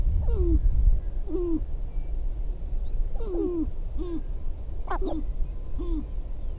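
Sharp-tailed grouse giving several short, downward-sliding calls spaced throughout, over low background noise.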